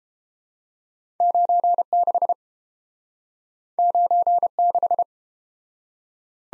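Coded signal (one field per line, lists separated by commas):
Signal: Morse code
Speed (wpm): 30 wpm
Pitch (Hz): 700 Hz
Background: none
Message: 96 96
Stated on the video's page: Morse code practice of two letter-number combinations in Speed-Racing format, starting at 1.5 times and slowing to a 22 wpm base; final repeat at maximum speed.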